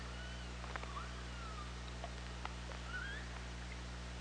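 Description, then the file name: Killer whale calls: several short rising and falling whistled tones, some overlapping, with scattered clicks against a constant low hum. OrcaLab hydrophone, 24 August 2017, 17:51. "Orca Lab UTLN JASON 20170824 175124"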